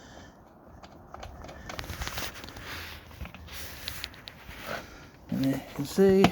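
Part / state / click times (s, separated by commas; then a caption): motorcycle seat rear latch onto the frame/fender mount / not seated / none. While a replacement seat is fitted on a '20 Harley-Davidson Sport Glide, the rear seat retaining latch is handled at its frame/fender mount, giving light taps and crackling handling noises as someone talks. Nothing has seated or clicked yet; the latch has not been clicked down and the thumb screw is not yet fitted.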